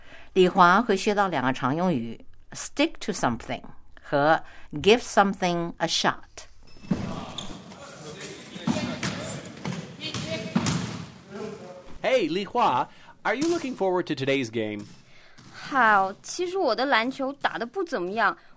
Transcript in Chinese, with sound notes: 李华会学到两个常用语：stick to something 和 give something a shot.
(Ambience sound in gym) Hey, Li Hua, are you looking forward to today's game?
嗨，其实我的篮球打得不怎么样。